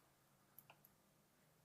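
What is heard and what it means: A microSD card is pushed face-up into the spring-loaded card slot under the rubber flap of a Tapo C520WS outdoor security camera. It latches with a sharp click at 0.6 s, followed by two fainter ticks at 0.7 s and 0.9 s against a quiet background. The card is seated.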